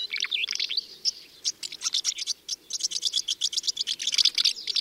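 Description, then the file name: Common house martin chattering, a continuous stream of rapid, scratchy chirps and short rattles with a few brief gaps. "Oknówka"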